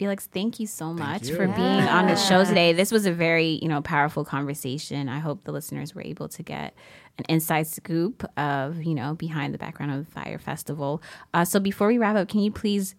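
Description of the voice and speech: One adult speaks in a clear, fluent conversational voice at a normal pace, with natural pitch movement and brief pauses. The host thanks a guest and begins to wrap up an interview. Articulation and voice quality sound ordinary, in a quiet small room.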